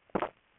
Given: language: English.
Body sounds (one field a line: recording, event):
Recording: throat vibration sensor signal played as sound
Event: swallow